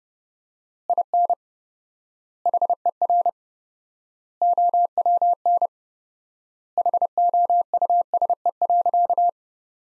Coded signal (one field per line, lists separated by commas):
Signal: Morse code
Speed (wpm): 32 wpm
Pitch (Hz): 700 Hz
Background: none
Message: IN HER OWN HOUSE.